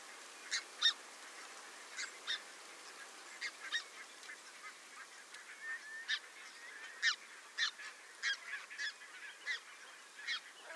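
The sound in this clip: Red-breasted goose: red-breasted geese giving high, clipped squeaky calls, some paired, scattered irregularly throughout with softer overlapping calls from other birds of the flock.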